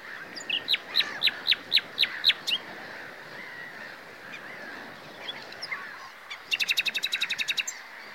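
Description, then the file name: Common nightingale song, opening with a string of sharp, evenly spaced piping notes, then a pause and a quick rattling trill near the end, with constant background hiss. "Luscinia megarhynchos"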